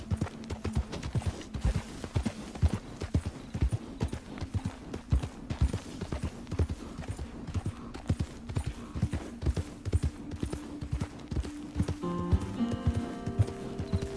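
A horse's gentle clip-clop goes on at a steady walking pace, over a low hum, with a brighter tonal sound appearing near the end.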